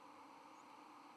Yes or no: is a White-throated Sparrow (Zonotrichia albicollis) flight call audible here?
no